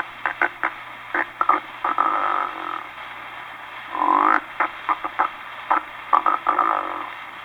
The evident sign of the experienced and accomplished snorer. Type 7, the interrupted inspiration or static lag.